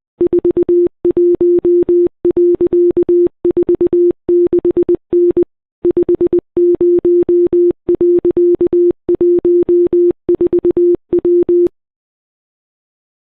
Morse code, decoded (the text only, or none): 41.46N 50.14W